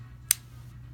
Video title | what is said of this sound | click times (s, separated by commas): Pod Change | it makes a loud click and that's when it goes in | 0.3 s